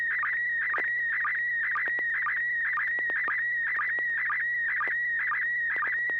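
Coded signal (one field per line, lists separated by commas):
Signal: SSTV (slow-scan television)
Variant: PD120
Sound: steady high whine near 2 kHz, warbling, with short low blips twice a second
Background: low steady hum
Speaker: All right, this will be PD 120.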